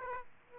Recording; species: mosquito wingbeat signal from an infrared sensor; Aedes aegypti